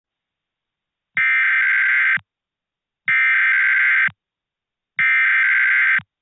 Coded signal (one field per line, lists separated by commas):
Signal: Emergency Alert System (SAME) tones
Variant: header bursts